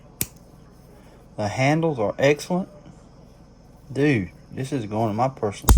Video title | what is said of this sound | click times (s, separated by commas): Unboxing Rare Pre-WW2 Knives! | You hear that snap? | 0.2 s